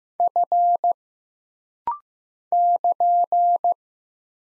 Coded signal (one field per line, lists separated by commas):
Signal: Morse code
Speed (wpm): 15 wpm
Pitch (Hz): 700 Hz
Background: none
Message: F <KN>